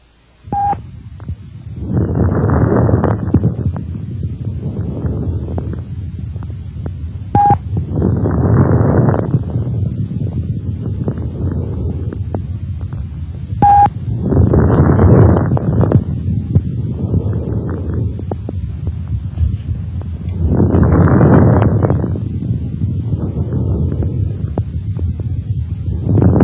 Crackles are short, explosive, non-musical sounds. High-pitched crackles are also called fine crackles. Listen now to high-pitched crackles.